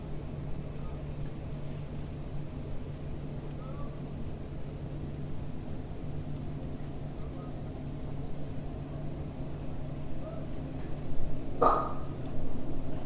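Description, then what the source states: Cicada song as a steady, unbroken high-pitched buzz; a brief sharp sound near the end over a low background hum. Single cicada singing in early evening warmth in a village garden with lavender and myrtle bushes, Picardy, northern France.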